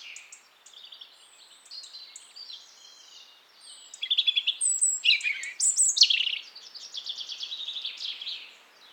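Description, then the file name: European robin song, quiet tinkling phrases building into loud, intricate bursts of high whistles and fast trills, then softer warbling to the end. "Erithacus rubecula"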